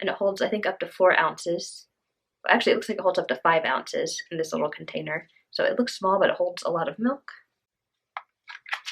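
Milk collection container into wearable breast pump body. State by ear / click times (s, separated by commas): seated / 8.2 s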